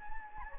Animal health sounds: mosquito wingbeat signal from an infrared sensor; Anopheles gambiae

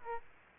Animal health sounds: mosquito wingbeat signal from an infrared sensor; Aedes aegypti

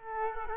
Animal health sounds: mosquito wingbeat signal from an infrared sensor; Culex quinquefasciatus

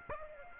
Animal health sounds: mosquito wingbeat signal from an infrared sensor; Aedes aegypti

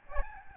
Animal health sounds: mosquito wingbeat signal from an infrared sensor; Aedes albopictus

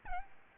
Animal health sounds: mosquito wingbeat signal from an infrared sensor; Aedes albopictus

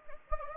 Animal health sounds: mosquito wingbeat signal from an infrared sensor; Anopheles gambiae

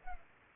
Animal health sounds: mosquito wingbeat signal from an infrared sensor; Culex pipiens

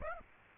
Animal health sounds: mosquito wingbeat signal from an infrared sensor; Aedes aegypti

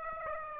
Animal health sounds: mosquito wingbeat signal from an infrared sensor; Aedes aegypti

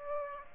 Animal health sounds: mosquito wingbeat signal from an infrared sensor; Aedes aegypti

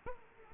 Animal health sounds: mosquito wingbeat signal from an infrared sensor; Aedes aegypti

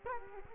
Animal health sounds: mosquito wingbeat signal from an infrared sensor; Culex quinquefasciatus

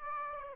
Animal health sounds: mosquito wingbeat signal from an infrared sensor; Aedes aegypti

